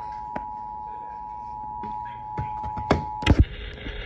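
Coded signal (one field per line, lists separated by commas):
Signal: Emergency Alert System (SAME) tones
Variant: 853 and 960 Hz attention tone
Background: speech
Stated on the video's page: Tornado Warning for Christian County, Missouri, relayed on FM station 94.7 KTTS.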